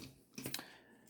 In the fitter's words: and click into place just like that there's fire one